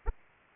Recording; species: mosquito wingbeat signal from an infrared sensor; Aedes aegypti